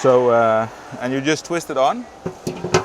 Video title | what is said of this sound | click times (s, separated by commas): A Walk Through the Quality Works Booth at IFEX 2026 | and then it locks in place. | 2.7 s